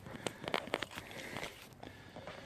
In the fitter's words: in there kickstand you can hear it latch latches